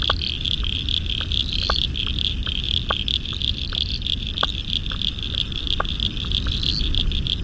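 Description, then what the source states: Frog chorus with sharp single clicks at irregular intervals, above a steady high-pitched trill and constant low rumble. Spring frog chorus at dusk beside the South Pacific Ocean, Royal National Park, Australia, November 2015.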